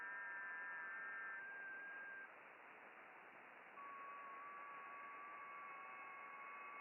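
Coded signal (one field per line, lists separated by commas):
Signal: FT8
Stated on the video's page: Amateur radio FT8 operation, broadcast live.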